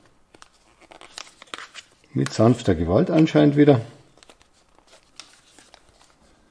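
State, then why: Not seated. A plastic mounting clip is handled against a triangular LED light panel from a Nanoleaf Shapes set with gentle force. Faint plastic ticks and rustles are heard, and someone talks in the middle. Nothing has seated or clicked yet.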